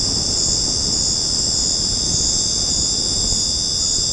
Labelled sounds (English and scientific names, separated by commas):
none